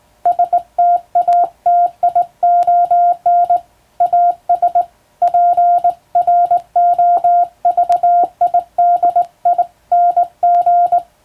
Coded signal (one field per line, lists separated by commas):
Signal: Morse code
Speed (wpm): 20 wpm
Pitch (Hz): 700 Hz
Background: music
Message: STATION AS PROVIDING